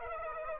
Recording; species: mosquito wingbeat signal from an infrared sensor; Aedes aegypti